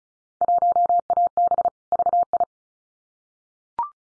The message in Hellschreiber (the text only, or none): none